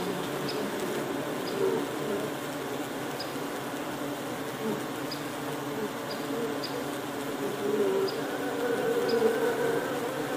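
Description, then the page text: Honey bees humming, a continuous buzz of many wings, growing louder toward the end. Ambient sound of the wing buzzing of honey bees. "環境音 ミツバチの羽音｜ Honey Bees Sound"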